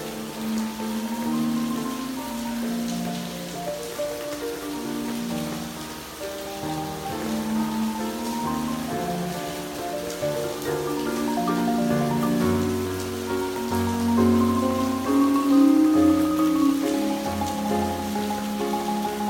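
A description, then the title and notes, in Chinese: Rain falls steadily outside while music plays throughout, its sustained low and mid tones shifting note to note, growing slightly louder near the end. 基督仁愛之家外面的雨聲加上音樂聲。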